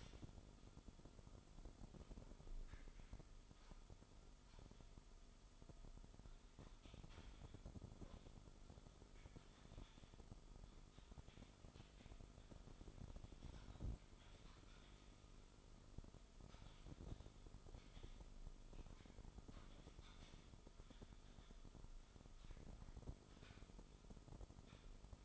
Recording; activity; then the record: daily activity, microphone in the room; typing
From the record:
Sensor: 5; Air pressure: 988.8 hPa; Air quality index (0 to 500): 235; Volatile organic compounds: 193 ppm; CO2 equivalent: 4189 ppm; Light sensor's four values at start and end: 39/124/48/51 and 39/124/48/51